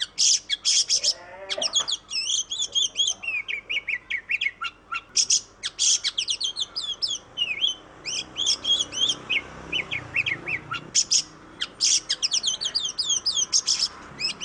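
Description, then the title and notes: Oriental magpie-robin in sustained song: rapid cascades of varied whistles, slurs and scratchy buzzes, barely pausing throughout. "suara kacer. suara burung kacer"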